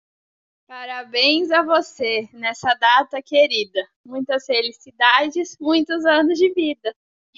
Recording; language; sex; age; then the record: short text; Brazilian Portuguese; female; 20 to 29 years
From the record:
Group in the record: control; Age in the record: 25 years